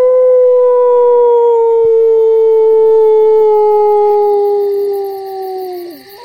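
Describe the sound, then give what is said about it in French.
A man's voice imitates a wolf howl: one long, loud, sustained wail that holds its pitch and sinks slowly, then drops off sharply at the end, with no talking alongside. “Ça ressemble à quoi, un loup qui hurle? Eh bien, ça ressemble à ça, là.”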